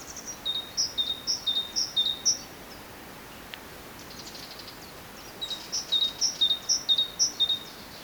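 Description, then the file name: Great tit: two bursts of rhythmic two-note whistles, each about two seconds long, with a single click in the pause between. "Parus major"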